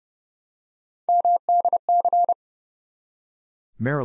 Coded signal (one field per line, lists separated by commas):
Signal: Morse code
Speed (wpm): 30 wpm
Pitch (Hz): 700 Hz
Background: none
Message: MDC